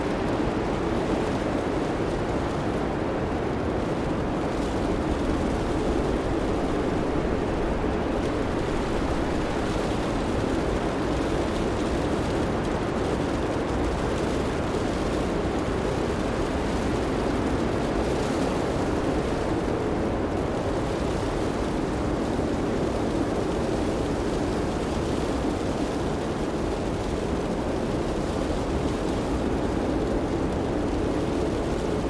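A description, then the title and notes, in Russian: A snowstorm roars without pause, a dense, low rumbling rush of wind that holds almost the same loudness for the whole half minute. The sound sits mostly in the deep and middle range, with a thinner hiss above and only slight swells in the gusting. Снежная буря | Естественный белый шум в автомобильном коконе.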